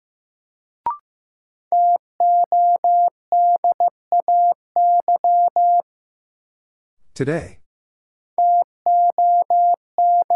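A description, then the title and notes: Morse code beeps in a steady mid-pitched tone, tapped out in bursts of short dots and longer dashes from about 2 to 6 seconds and again after 8.5 seconds. A brief click opens the clip, and around 7 seconds a short rough crackle cuts into the silence. Sentences from Top 600 Words - New Word Drill - 15wpm. First, the word is sent in Morse code.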